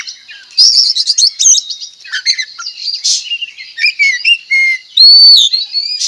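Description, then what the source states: Oriental magpie-robin song opening with buzzy warbled chatter, then clearer slurred whistles and a loud pure whistled phrase near the end. From Tretes; bird singing actively, delivering bursts of song (tembakan style).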